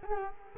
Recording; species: mosquito wingbeat signal from an infrared sensor; Culex quinquefasciatus